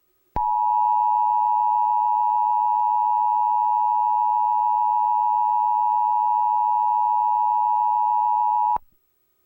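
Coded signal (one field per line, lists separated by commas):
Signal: Emergency Alert System (SAME) tones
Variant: 853 and 960 Hz attention tone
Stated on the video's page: Satirical fictional EAS scenario, not a real alert.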